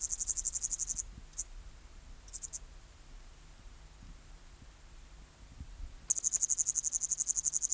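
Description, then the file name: Upland green bush-cricket song in short bursts: a high pulsing buzz for a second, brief fragments, a long quiet gap, then the buzzing resumes strongly. "Tettigonia cantans"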